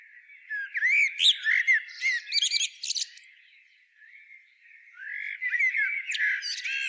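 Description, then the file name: Eurasian blackbird song: warbled phrases with squeaky high twitters, a quieter pause, then another fluted phrase leading into chattering notes. "Turdus merula"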